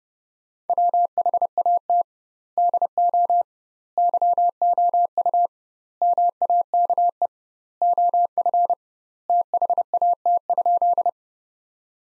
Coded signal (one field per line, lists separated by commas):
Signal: Morse code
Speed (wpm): 30 wpm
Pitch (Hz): 700 Hz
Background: none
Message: WHAT DO YOU MAKE OF THAT?